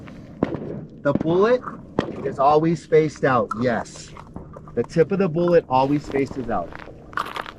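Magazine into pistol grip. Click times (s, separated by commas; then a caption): 7.2 s. Someone talks while a loaded magazine is pushed into a pistol grip during a shooting lesson. A sharp click at 7.2 s marks the magazine seating, with a couple of smaller clicks right after, and the magazine is confirmed locked in place.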